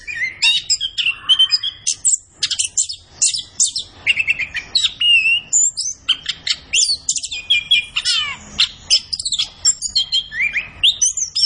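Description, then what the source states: Orange-headed thrush giving a long, energetic song of varied high whistles, slurred notes and rapid trills, delivered almost without pause. Orange-headed thrush singing energetically in full, constant song (gacor), used as masteran training audio for other birds.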